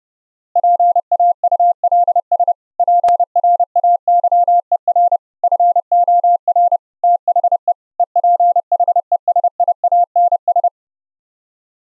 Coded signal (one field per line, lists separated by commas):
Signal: Morse code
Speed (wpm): 32 wpm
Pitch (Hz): 700 Hz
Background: none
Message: PAULS PRAYER FOR THE EPHESIANS